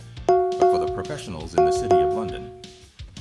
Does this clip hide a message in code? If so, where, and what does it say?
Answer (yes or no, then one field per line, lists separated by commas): no